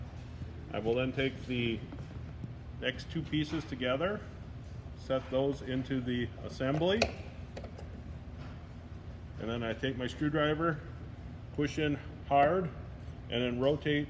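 Someone talks while setting two mirror mount pieces together into the mirror assembly during a mirror shake repair, with a brief handling knock at about 7.6 s. This is the placement before the pieces are pushed in hard with a screwdriver and rotated 90 degrees to lock, so nothing has locked or clicked yet.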